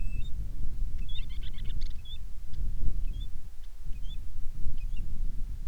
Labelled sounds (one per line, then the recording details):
bird
wind
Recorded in the Prudhoe Bay oil fields, Alaska, on 10 July 2019 at 09:24
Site 11